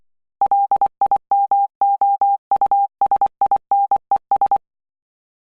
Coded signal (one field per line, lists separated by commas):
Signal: Morse code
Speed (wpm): 24 wpm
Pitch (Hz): 800 Hz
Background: none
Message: LIMOUSINES